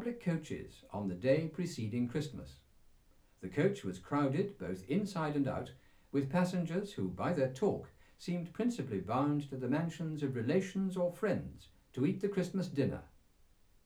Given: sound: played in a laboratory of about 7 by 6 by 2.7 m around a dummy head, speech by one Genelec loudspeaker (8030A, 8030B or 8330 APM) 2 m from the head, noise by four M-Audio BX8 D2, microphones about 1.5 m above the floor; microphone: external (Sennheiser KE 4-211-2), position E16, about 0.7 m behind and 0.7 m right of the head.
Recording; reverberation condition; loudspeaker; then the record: male speech in English; low; 120 degrees to the left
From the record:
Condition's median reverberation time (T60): about 310 ms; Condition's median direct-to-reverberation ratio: about 3.5 dB